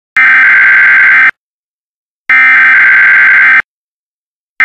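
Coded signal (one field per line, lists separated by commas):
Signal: Emergency Alert System (SAME) tones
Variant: header bursts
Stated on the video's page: Mock PDS tornado watch alert for NEPA, not a real broadcast.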